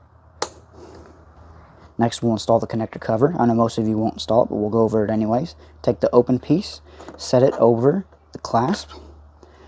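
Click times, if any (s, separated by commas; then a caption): 0.4 s. An electrical wiring connector is pushed into the headlight assembly socket of a 2007–2012 Hyundai Santa Fe during a high beam replacement, and it clicks into place with one sharp snap at 0.4 s. After that, someone talks.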